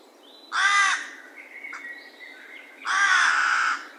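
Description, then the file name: Carrion crow giving two drawn-out, rasping caws about two seconds apart, with a thin whistled note carrying between them. "Corvus corone"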